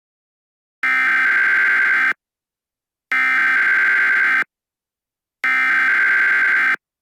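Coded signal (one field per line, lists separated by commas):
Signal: Emergency Alert System (SAME) tones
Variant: header bursts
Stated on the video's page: Fictional zombie EAS scenario with loud, scary tones; not a real alert.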